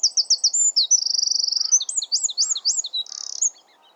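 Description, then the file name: Eurasian wren singing a hurried, piercing series of high notes, a long fast-rattling trill, then looping phrases and a brief buzz. "Troglodytes troglodytes"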